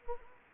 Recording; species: mosquito wingbeat signal from an infrared sensor; Anopheles gambiae